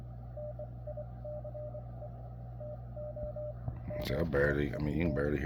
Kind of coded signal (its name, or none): Morse code